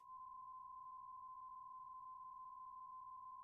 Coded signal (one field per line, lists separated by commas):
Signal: PSK63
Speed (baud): 62.5 baud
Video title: M0KNM - RSGB 3.5MHz Autumn Series Contest Livestream 01/09/25